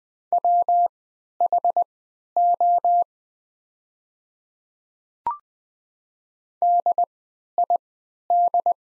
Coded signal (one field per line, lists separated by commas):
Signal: Morse code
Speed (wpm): 20 wpm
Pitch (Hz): 700 Hz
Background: none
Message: WHO DID